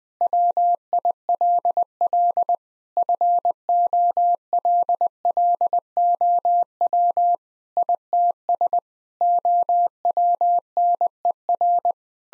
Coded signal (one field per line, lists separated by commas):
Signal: Morse code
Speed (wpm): 19 wpm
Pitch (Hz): 700 Hz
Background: none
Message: WILL FOLLOW ITS OWNER